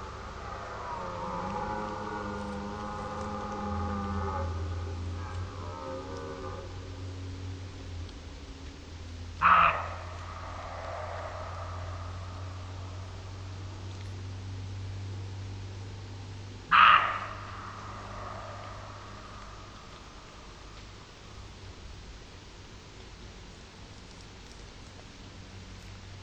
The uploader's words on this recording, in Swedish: Kronhjortarnas ljudvärld. Tänk dig en helt stilla kväll i början av september. Solen har precis gått ner och du sitter i skogsbrynet, framför dig ligger en blommande klövervall. Det är kronhjortarnas brunsttid och här i området går det flera stora hanar.